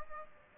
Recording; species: mosquito wingbeat signal from an infrared sensor; Aedes aegypti